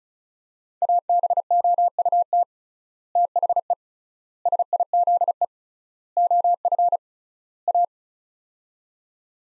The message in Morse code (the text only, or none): ABOUT THE SIZE OF A